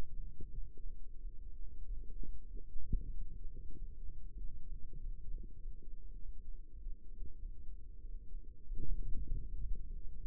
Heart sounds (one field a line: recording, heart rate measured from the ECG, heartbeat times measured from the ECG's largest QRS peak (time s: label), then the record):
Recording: heart sounds by microphone in the right ear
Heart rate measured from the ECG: 96 bpm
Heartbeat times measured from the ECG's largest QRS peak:
0.49 s: heartbeat
1.16 s: heartbeat
1.81 s: heartbeat
2.46 s: heartbeat
3.10 s: heartbeat
3.73 s: heartbeat
4.35 s: heartbeat
4.97 s: heartbeat
5.57 s: heartbeat
6.18 s: heartbeat
6.77 s: heartbeat
7.38 s: heartbeat
8.00 s: heartbeat
8.62 s: heartbeat
9.23 s: heartbeat
9.83 s: heartbeat
From the record:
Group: healthy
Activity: rest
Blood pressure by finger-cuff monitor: 103/60 mmHg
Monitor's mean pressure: 75 mmHg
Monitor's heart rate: 95 bpm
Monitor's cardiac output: 6.6 L/min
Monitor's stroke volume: 69 mL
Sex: male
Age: 22 years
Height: 181 cm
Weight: 60 kg